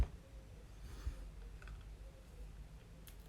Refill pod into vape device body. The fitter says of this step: it's got a nice click to it very